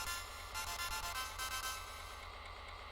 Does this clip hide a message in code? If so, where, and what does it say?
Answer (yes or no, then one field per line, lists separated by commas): no